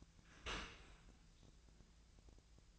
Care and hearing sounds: daily activity, microphone in the room; open dishwasher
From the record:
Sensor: 2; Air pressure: 1000.4 hPa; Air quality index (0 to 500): 163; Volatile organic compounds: 3 ppm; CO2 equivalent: 1355 ppm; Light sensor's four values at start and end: 11/31/12/14 and 11/31/12/13

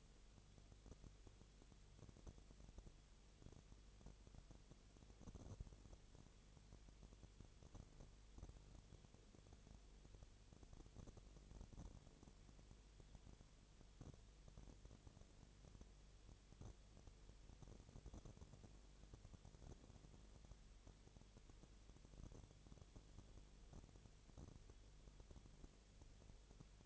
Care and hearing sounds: daily activity, microphone in the room; no activity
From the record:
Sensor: 4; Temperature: 22.7 degrees Celsius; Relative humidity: 32.0%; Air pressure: 1008.1 hPa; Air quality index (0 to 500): 114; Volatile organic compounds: 2 ppm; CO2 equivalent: 1107 ppm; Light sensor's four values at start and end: 2/3/1/1 and 2/3/1/1

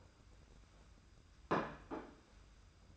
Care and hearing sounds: daily activity, microphone in the room; place plate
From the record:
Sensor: 2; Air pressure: 991.7 hPa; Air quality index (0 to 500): 187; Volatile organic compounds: 1000 ppm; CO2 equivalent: 6126 ppm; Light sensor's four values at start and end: 22/72/28/27 and 22/72/28/27

